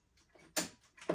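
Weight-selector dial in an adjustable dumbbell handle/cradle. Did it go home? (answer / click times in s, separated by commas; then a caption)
yes / 0.6 s, 1.1 s. A release button on an adjustable dumbbell's weight-selector mechanism is pressed and the dial in the handle's cradle is spun. Sharp clicks sound at 0.6 s and 1.1 s as the dial seats positively into its detent, locking the chosen plate setting.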